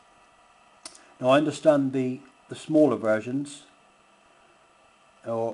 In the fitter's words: like that and that locks it into place